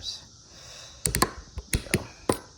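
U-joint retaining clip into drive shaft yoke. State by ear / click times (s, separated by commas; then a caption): seated / 1.7 s, 1.9 s. A steel U-joint retaining clip is pressed with pliers into the groove of a U-joint bearing cap in the drive shaft yoke of a 2015-2022 second-generation Chevy Colorado / GMC Canyon. Someone talks, then sharp metallic snaps are heard at 1.7 s and 1.9 s as the clip seats, with another click near 2.3 s. The clip is confirmed seated.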